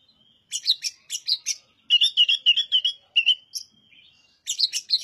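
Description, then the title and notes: Oriental magpie-robin song: bursts of sharp chirps alternating with runs of rapid whistled notes, a steady phrase in the middle, then another chirping burst at the end. Master song for tutoring other birds; the bird is singing vigorously (gacor). "Suara Burung Kacer masteran. burung kacer gacor hebat"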